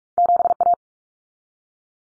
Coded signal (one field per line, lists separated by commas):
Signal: Morse code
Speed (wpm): 44 wpm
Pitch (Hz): 700 Hz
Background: none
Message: 7A